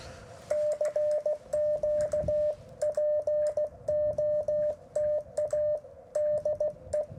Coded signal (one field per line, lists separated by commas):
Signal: Morse code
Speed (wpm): 16 wpm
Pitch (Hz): 600 Hz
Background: radio noise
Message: CQ POTA DE